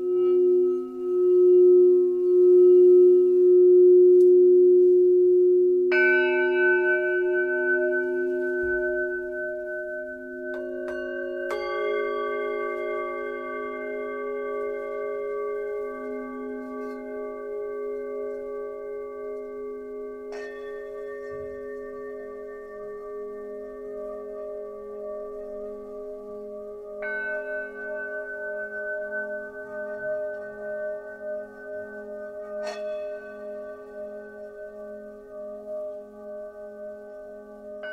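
Singing bowls ring in long, sustained tones, with new strikes around 6, 11, 20, 27 and 33 seconds layering fresh pitches over the fading ones. A low, steady pulsing drone wavers underneath throughout. The sound starts strongest and slowly settles to a softer, even level.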